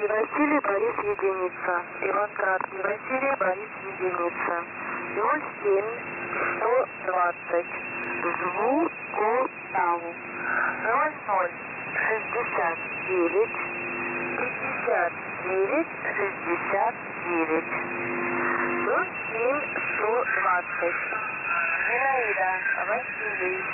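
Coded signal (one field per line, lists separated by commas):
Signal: coded military voice message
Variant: The Pip, Russian voice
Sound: a voice reading a message over narrow, band-limited shortwave radio with hiss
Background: radio static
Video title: The Pip Voice Message January 5, 2022 12:31 UTC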